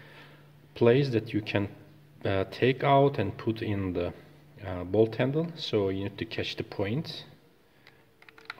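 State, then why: Seated. Someone talks while the bolt (charging) handle of a Pardus SBX AR-type semi-auto shotgun is lined up at its cut-out point and pushed into the metal receiver. After the talking stops, a few faint metallic ticks follow, and the handle seats with a sharp click at 8.5 s.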